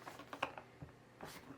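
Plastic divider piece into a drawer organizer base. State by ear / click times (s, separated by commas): not seated / none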